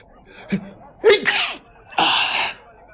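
sneeze

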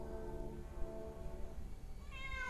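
cat yowling

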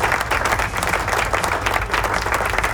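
applause sound effect

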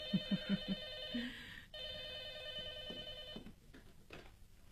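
telephone ringing

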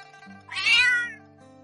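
cat meowing

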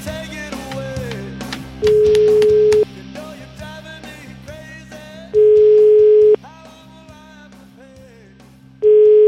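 telephone dial tone

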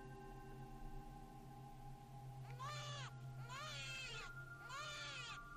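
newborn baby crying loudly

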